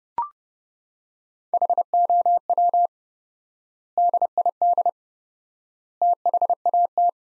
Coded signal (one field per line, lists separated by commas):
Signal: Morse code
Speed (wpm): 30 wpm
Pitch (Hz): 700 Hz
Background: none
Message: HOW DID THAT